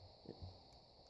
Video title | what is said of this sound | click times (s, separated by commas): Vostok (Boctok) Amphibia II Review-and a look at the 2416b movement | guys heard that click part way through there it actually reengage --is the the winding mechanism on the crown | 0.7 s